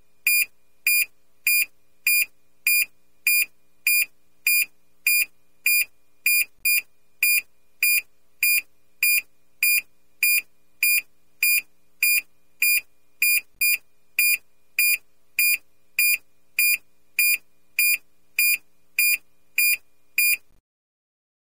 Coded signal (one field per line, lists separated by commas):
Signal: none